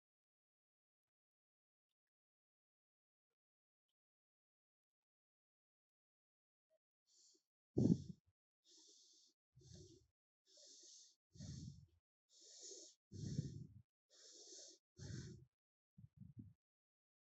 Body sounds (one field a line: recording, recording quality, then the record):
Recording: shallow breathing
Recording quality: moderate, slight background noise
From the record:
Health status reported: healthy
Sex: female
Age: 49 years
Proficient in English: yes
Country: India